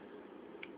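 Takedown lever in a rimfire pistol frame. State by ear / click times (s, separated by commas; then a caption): released / 0.6 s. The small takedown lever in the frame of a Ruger SR22 semi-auto .22 LR rimfire pistol is flipped open to unlock it and start field-stripping the slide. A short, sharp tick at 0.6 s stands out over a steady low hiss. The lever is released and unlocked.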